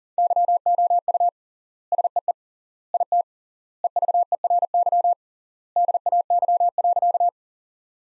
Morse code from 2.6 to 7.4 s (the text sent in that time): IT EVERY DAY.